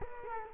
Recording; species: mosquito wingbeat signal from an infrared sensor; Culex quinquefasciatus